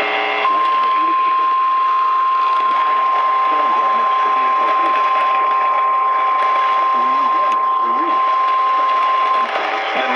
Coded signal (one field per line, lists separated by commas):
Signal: Emergency Alert System (SAME) tones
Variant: 1050 Hz attention tone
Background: speech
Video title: MOTHER'S DAY... EAS Alerts From 5/12/24 - 5/13/24 (EAS#1,059 - #1,093)